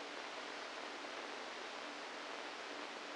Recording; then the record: brain microelectrode recording played as sound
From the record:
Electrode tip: inside the subthalamic nucleus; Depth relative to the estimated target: 1 mm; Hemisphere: right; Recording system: NeuroSet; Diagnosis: Parkinson's disease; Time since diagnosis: 7 years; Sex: female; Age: 68 years